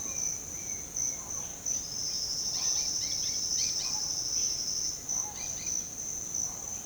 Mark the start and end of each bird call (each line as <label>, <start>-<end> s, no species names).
bird call, 0.00-1.33 s
bird call, 2.54-3.99 s
bird call, 5.30-5.76 s